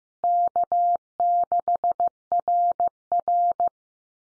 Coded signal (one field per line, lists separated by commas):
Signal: Morse code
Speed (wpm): 15 wpm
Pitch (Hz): 700 Hz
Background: none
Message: K6RR